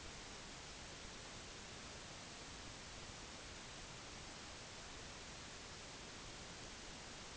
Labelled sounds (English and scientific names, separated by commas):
none